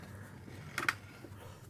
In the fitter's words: and just kind of pull that till it clicks in place that little ball pops up through you got it